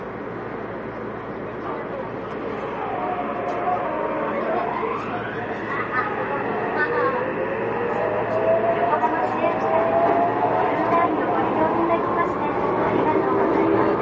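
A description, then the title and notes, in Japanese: Inside a Yokohama Municipal Subway 3000R train running between Kannai and Azamino, a steady rumble fills the car as the motor whine sweeps upward in pitch around four to six seconds, then holds and slowly climbs as the train speeds up. Faint clicks and voices sit underneath. 横浜市営地下鉄3000R形 関内〜あざみ野。快速運用で録音。録音はICレコダーを使用しています。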